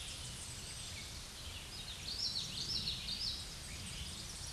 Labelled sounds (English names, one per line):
Common Yellowthroat song